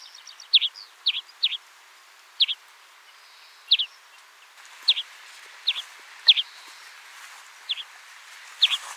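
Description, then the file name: European greenfinch calls: a series of short sharp chirps at irregular intervals over faint background hiss. "Chloris chloris"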